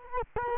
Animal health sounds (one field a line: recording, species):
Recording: mosquito wingbeat signal from an infrared sensor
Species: Culex quinquefasciatus